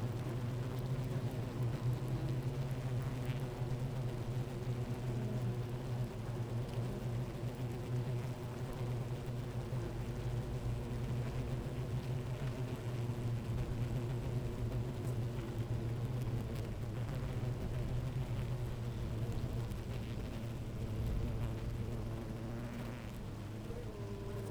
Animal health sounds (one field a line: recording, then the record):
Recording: honeybee colony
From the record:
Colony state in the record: active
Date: 28 July 2017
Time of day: 12:03